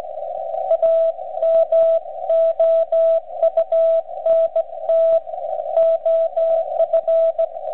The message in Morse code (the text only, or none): AMOUNT OF